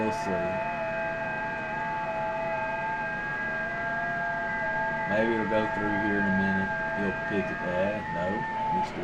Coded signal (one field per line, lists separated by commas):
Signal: FT8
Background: speech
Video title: WSJT-X and GridTracker on #ft8 FT8 #hamradio